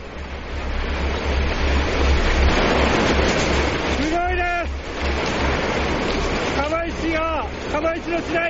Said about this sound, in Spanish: Hay un sonido grabado de cuando llega la ola a Fukushima y cuando suena la alarma. No digamos nada más.